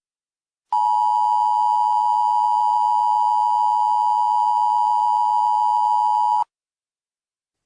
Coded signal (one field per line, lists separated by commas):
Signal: Emergency Alert System (SAME) tones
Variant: 853 and 960 Hz attention tone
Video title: EAS Scenario 20: Nuclear attack nightmare